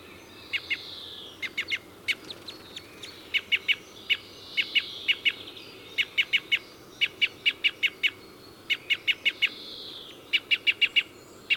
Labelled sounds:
Red Crossbill (Loxia curvirostra) call
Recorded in the wild
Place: Bergen, Mecklenburg-Vorpommern, DE
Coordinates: 54.44, 13.46
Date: 1975-05-03
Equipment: Nagra III BH, Sennheiser MD 21, parabola
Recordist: Schubert, Michael

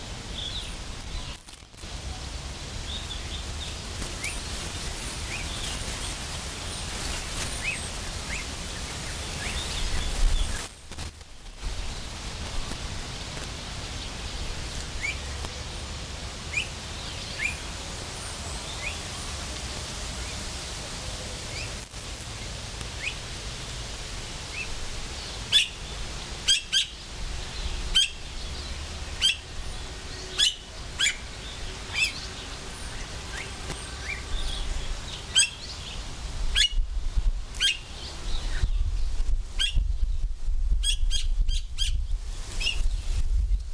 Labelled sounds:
Blue-faced Honeyeater (Entomyzon cyanotis) call
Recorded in captivity
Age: adult
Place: Zoo Berlin, Berlin, DE
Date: 1998-10-17 13:01
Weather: fair, 14°C, gusty winds
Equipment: Sony MD-WM MZ-R3, Sennheiser MKH 416 T, Kopie Uher 4000 Report Monitor
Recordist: Tembrock, Günter

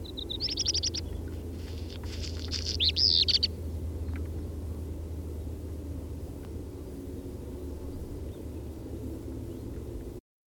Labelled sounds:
Black Redstart (Phoenicurus ochruros) song
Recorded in the wild
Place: Sinaia, Plateau, Transilvania, RO
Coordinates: 45.331, 25.562
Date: 1976-05-26
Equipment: Nagra III BH, Sennheiser MD 21, parabola
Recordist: Schubert, Michael
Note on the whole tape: Gesang Hausrotschwanz

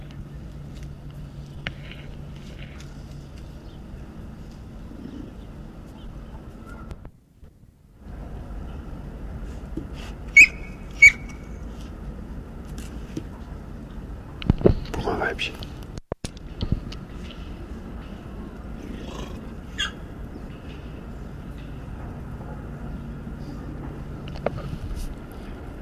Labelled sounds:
Puma (Puma concolor) call
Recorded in captivity
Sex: female
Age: adult
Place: Zoopark Erfurt, Thüringen, DE
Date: 1968-10-10 15:08
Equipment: Uher 4000 Report-S, Sennheiser MD 421
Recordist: Tembrock, Günter

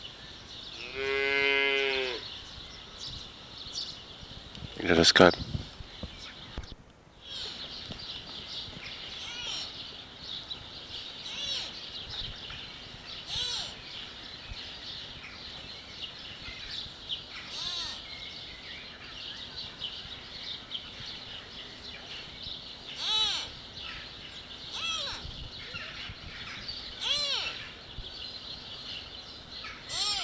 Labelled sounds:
Mule Deer (Odocoileus hemionus) call
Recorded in captivity
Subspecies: hemionus
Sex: female
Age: subadult
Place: Tierpark Berlin, Berlin, DE
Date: 1967-06-11
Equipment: Uher 4000 Report-S, Sennheiser MD 421
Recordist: Tembrock, Günter

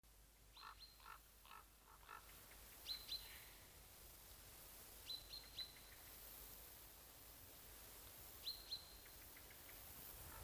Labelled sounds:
Common Raven (Corvus corax) flight call, Eurasian Jay (Garrulus glandarius)
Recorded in the wild
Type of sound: flight call
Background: Garrulus glandarius
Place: Mühlenbecker Wald, Brandenburg, DE
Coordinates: 52.6978, 13.3864
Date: 1983-08-21 11:04
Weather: sunny, 19°C
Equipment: Nagra SN, Sennheiser MKH 416T (Automatik), Kopie Uher 4000 Report Monitor
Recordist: Tembrock, Günter
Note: Paar: Flugrufe

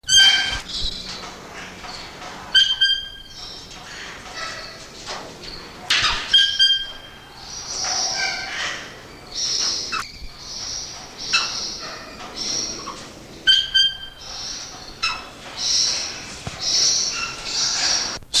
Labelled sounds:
Black-headed Parrot (Pionites melanocephalus) call
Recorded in captivity
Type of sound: call
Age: adult
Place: Zoo Berlin, Berlin, DE
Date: 1986-02-07 10:24
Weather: sonnig, -10°C
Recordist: Tembrock, Günter
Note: Laute

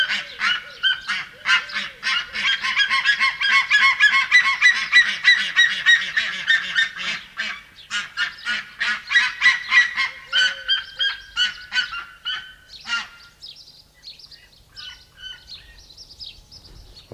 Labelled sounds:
Steller's Sea Eagle (Haliaeetus pelagicus) call
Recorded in captivity
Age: adult
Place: Tierpark Berlin, Berlin, DE
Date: 1981-04-18 10:12
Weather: sonnig 1-6°C
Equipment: Nagra SN, Kopie Uher 4200
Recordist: Tembrock, Günter

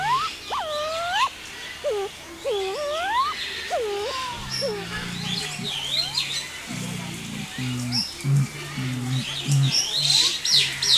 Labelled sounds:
Black Curassow (Crax alector) call
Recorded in captivity
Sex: pair
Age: adult
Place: Zoo Berlin, Berlin, DE
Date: 2001-08-14 12:50
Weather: heiter, 24 - 26°C
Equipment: Marantz CP 130, Sennheiser MKH 416, Kopie Uher 4000 Report Monitor
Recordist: Tembrock, Günter

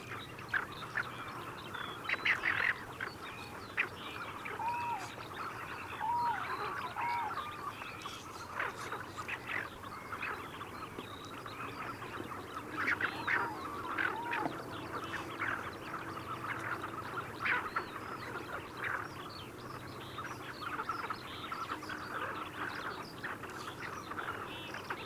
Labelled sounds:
Tufted Duck (Aythya fuligula) call
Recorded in the wild
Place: Gingst, Insel Rügen, Mecklenburg-Vorpommern, DE
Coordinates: 54.534, 13.303
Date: 1977-03-27
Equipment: Nagra III BH, Sennheiser MD 21, parabola
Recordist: Schubert, Michael
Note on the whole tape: Reiherenten - Rufe

